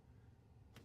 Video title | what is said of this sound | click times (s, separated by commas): Easter Weekend EV Road Trip Part 2 - Sydney to Gold Coast | so let's plug in and see if we get a faster charge now okay I heard a click | 0.8 s